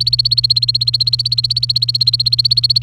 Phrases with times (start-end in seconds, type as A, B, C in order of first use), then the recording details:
0.00-2.83 A. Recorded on 28 April 2018 at 08:18. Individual llb3